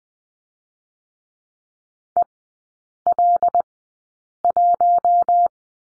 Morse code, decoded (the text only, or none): EL1